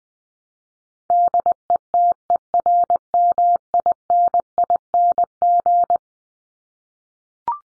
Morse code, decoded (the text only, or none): DETERMINING